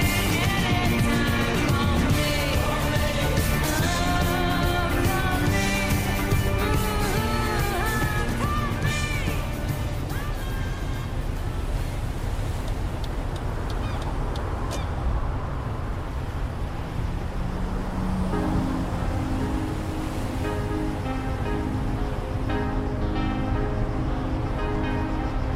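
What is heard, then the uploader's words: Inside a car driving along the coast, a steady low engine rumble blends with a crackling radio playing tones, loud and constant throughout. An 80s Summer Drive. This video includes the sounds of distant waves against the coast you're driving along, with the crackle of the radio and the rather comforting sounds of the vehicle around you.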